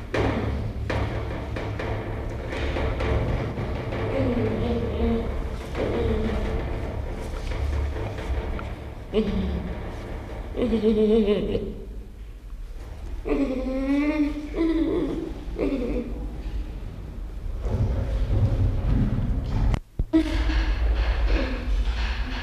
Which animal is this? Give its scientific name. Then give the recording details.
Gorilla gorilla. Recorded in captivity. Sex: male. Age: juvenile. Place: Zoo Rostock, Mecklenburg-Vorpommern, DE. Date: 1975-12-05 10:05. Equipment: Uher CR 210, Sennheiser MD 421, Verstärker, Kopie Unitra ZK 246. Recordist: Tembrock, Günter